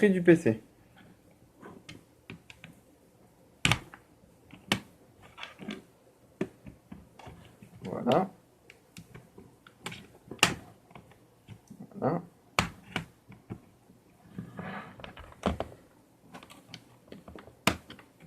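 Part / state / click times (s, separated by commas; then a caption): plastic snap clips joining the laptop upper shell to the base / released / 10.4 s, 12.6 s, 17.7 s. Someone talks while separating a laptop's plastic upper shell from its base, unclipping the plastic snap-fit clips one after another. Sharp plastic snaps are heard among quieter handling sounds, with the clips coming undone at 10.4, 12.6 and 17.7 seconds, releasing the shell.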